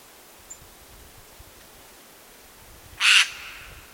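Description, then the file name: Eurasian jay giving a single harsh, rasping screech near the end, preceded by quiet background and one faint thin high note. Recorded in Turkey. "notskrikaturkiet"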